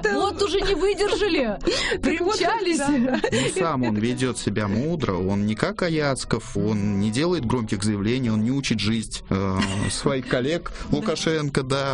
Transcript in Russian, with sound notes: Вот уже не выдержали, примчались! (смеется)
Но сам он ведет себя мудро. Он не как Аяцков, он не делает громких заявлений, он не учит жить своих коллег – Лукашенко.